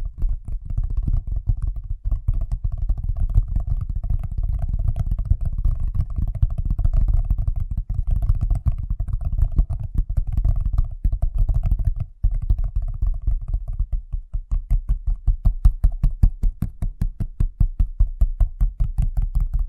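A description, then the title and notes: Fast tapping in a dense, low, thudding stream that blurs together for the first half, with a short break just after twelve seconds. From about fourteen seconds the taps become distinct and evenly spaced, each with a sharper, brighter click. ASMR Braingasm Inducing Fast Tapping (No Talking).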